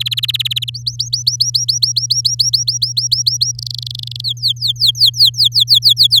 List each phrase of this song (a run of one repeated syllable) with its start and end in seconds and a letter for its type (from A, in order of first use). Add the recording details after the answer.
0.00-0.70 A, 0.74-3.52 B, 3.58-4.21 C, 4.24-6.20 D. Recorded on 11 May 2018 at 06:49. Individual llb16